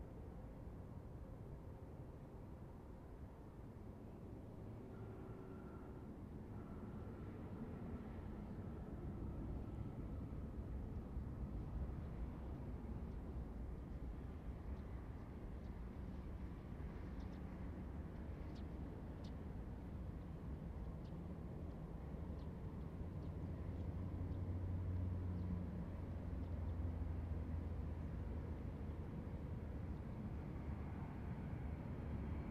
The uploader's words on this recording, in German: September, 13:24 CET. Flughafen Kloten. Im Minutentakt fliegen sie an. Auf die Piste 14.